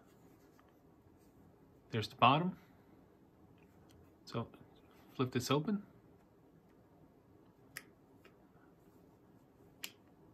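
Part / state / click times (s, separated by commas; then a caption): hinged clasp on a wooden storage box / seated / 7.8 s, 9.8 s. Someone talks while flipping the hinged metal clasp on a small wooden storage box. Two sharp, short clicks follow, at 7.8 s as the clasp clicks over and at 9.8 s as it clicks into place, and the clasp is seated.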